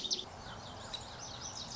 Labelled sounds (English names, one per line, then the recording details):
Lazuli Bunting
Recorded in Sonoma County, California